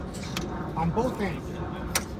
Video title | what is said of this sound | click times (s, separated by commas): CDL Class A California Out Side Inspection 2025 | The safety latch locks in place | 0.4 s